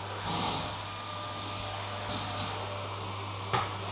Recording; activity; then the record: daily activity, microphone in the room; vacuum cleaning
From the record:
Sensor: 1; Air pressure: 1009.6 hPa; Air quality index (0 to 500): 194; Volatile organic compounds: 19 ppm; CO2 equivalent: 2653 ppm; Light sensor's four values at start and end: 29/74/30/37 and 28/73/30/36